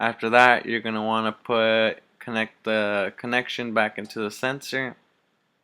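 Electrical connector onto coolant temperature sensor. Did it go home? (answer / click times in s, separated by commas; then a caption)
no / none. Someone talks while the electrical wiring connector is being handled to go back onto the newly fitted coolant temperature sensor of a BMW E46. Nothing has seated or clicked yet.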